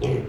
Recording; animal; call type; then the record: contact call of a hoofed animal; pig; closed-mouth grunt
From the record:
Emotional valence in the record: negative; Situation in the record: short social isolation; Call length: 0.29 s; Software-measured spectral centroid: 1450 Hz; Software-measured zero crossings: 740 a second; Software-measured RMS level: -24 dBFS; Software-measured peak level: -13 dBFS